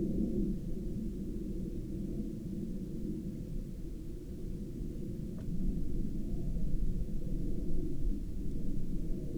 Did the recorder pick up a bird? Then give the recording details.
no. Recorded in Ivvavik National Park, Yukon, on 10 May 2019 at 12:16. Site SINP07